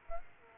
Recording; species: mosquito wingbeat signal from an infrared sensor; Culex quinquefasciatus